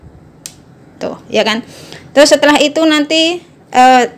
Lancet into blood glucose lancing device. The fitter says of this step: Jadi di gini masukkan lagi kayak gitu sampai terdengar klek